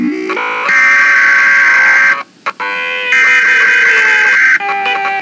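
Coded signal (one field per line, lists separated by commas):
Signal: Emergency Alert System (SAME) tones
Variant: header bursts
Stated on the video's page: Homemade EAS mock-up, not a real alert.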